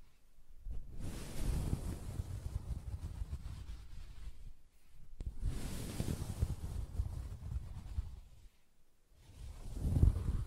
Soft Fabric Surface Tapping & Scratching